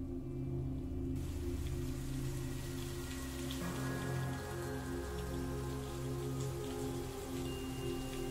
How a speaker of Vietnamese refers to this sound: Tiếng sấm sét đì đùng, cơn mưa trái mùa ầm ầm đổ xuống bất chợt.